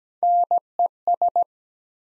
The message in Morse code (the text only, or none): NES